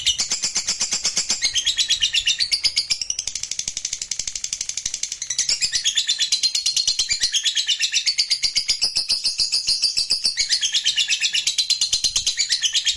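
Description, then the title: Lovebird song, an unbroken fast chattering trill of high, buzzy notes, rising and falling in pitch throughout. Fighter lovebird singing energetically (gacor). "SUARA Lovebird FIGHTER GACOR"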